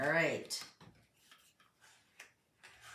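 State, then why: Seated. A cardstock box tab is tucked under and snaps into the cut line underneath. Someone talks at the start, followed by faint paper handling. A sharp snap at 2.2 s shows the tab has seated.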